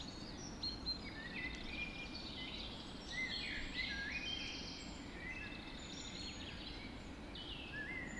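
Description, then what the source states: Birds: busy dawn chorus of several birds, whistled notes and rapid twitters overlapping throughout, over soft low background noise. Dawn chorus recorded just after dawn in the Forest of Dean.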